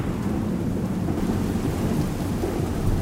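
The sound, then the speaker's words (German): Steady, heavy rain pours down on a person sitting in it, in a dense, even hiss, with a deep low rumble underneath like thunder. No voices, just a constant wash of rainfall. “Es regnet. Auf dich drauf.”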